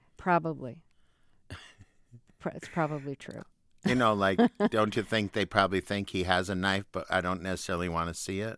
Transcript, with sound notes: Probably, it's probably true (laughter).
You know, like, don't you think they probably think he has a knife, but I don't necessarily want to see it?